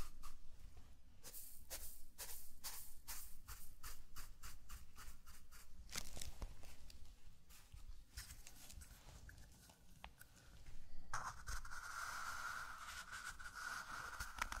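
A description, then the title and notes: Dry brushing and crinkling on sand, with a quick run of sharp taps and crackles through the first six seconds. A heavier scrape comes near six seconds and more scratching follows, then from about eleven seconds a brighter, steady rustle carries a faint ringing tone. Zen Garden - Sand Crinkle Brushing Tapping Cup Sounds. NO TALKING.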